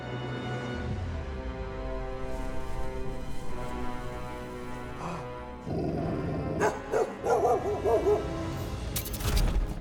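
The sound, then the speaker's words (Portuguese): A dog lets out a burst of loud, sharp barks, several in quick succession, over a steady low background hum. “Late! Alto!”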